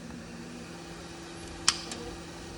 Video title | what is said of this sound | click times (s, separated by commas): Making Jalapeño Jelly - Homegrown & Homemade Ep. 11 | did y'all hear the pop? That's a job well done. | 1.7 s